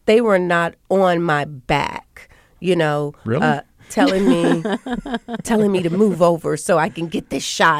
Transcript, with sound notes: they were not on my back, you know...
Really?
[SOUNDBITE OF LAUGHTER] ...telling me to move over so I can get this shot.